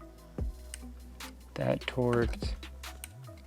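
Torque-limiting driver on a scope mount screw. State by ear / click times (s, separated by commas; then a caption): torque reached / 3.0 s. A preset torque-limiting driver tightens a screw on a scope mounting until it reaches its setting and clicks. Someone talks over a steady low hum, and the very faint click comes at 3.0 s, confirming the screw is torqued.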